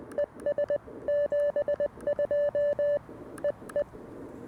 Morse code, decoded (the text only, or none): ES 72 EE